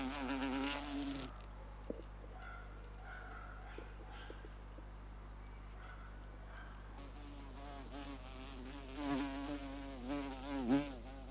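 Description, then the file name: Bumblebee buzzing, a low droning hum at the start, then a long near-quiet spell, then the buzz returning with wavering pitch toward the end. "Insect Bumblebee Buzzing. lovewav"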